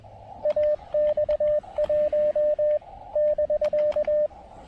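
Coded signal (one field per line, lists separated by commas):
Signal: Morse code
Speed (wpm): 21 wpm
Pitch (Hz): 590 Hz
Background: radio noise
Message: AX1 <BK>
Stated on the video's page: QRP POTA park activation on 20 m CW using Elecraft AX1 antenna and KX1.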